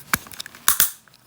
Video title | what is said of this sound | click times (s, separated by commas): LEGO Super Mario 2023 Piranha Plant 71426 Complete Build & Review | There we go. You got 2 clicks for the price of 1. | 0.1 s, 0.7 s